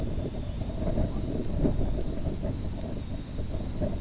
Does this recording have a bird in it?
yes